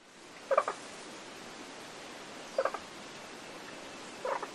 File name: nature rainforest ambience wind tree canopy above birds frogs scarlet sided pobblebonk call close spring qld australia